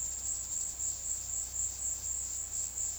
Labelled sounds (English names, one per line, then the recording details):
none
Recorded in dense forest near Puerto Asís, Putumayo, Colombia, on 21 February 2024 at 15:30
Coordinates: 0.485, -76.322
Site G6406